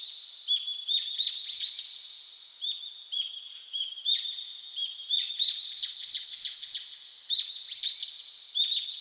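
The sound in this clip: Bird giving steady high whistled tones and bursts of quick sharp chirps, several notes a second, in a dense ongoing stream.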